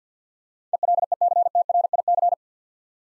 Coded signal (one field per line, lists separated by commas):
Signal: Morse code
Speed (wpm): 49 wpm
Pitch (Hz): 700 Hz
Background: none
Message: ELECTRIC